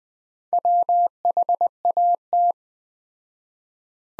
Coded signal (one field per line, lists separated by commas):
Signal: Morse code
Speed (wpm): 20 wpm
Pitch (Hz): 700 Hz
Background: none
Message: WHAT